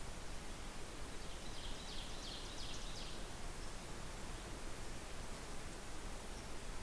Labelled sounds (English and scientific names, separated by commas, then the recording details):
Ovenbird (Seiurus aurocapilla) song
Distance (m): 95 m
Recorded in boreal forest in Alberta, Canada, on 16 June 2016 at 08:17
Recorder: SongMeter 3, array SBT-3-32
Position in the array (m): 139 m, 103 m
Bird 37